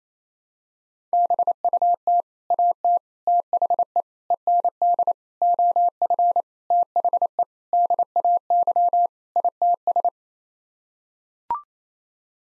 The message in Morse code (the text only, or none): BUT AT THE END OF THE DAY ITS